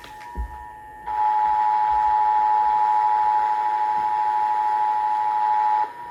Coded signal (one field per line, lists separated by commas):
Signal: Emergency Alert System (SAME) tones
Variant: 853 and 960 Hz attention tone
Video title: Early Morning RMTs | KFBK, KXJZ, and KXPR Required Monthly Tests | EAS #76-#78